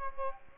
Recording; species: mosquito wingbeat signal from an infrared sensor; Aedes aegypti